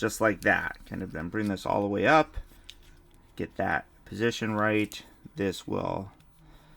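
Someone talks while handling a plastic Transformers Legacy Evolution Deluxe Class Prowl (Animated Universe) action figure, moving a section of its body during the robot-to-vehicle transformation so it can be pushed to lock into its body. Faint short handling sounds occur between the speech around 2.7 to 3.1 s. Nothing has seated or clicked yet; the clip ends just before the toy panel goes home.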